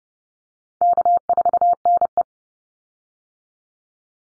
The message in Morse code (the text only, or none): K4NE